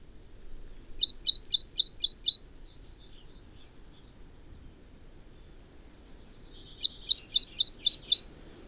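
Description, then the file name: Great tit calling in two rapid bursts of six sharp, high notes each, separated by several seconds of quiet with faint chatter. "Parus major"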